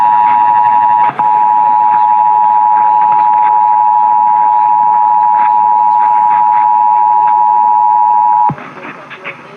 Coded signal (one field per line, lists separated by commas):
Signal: Emergency Alert System (SAME) tones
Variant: 853 and 960 Hz attention tone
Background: speech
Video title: New York City RMT on WABC (8/4/21)(EAS 827)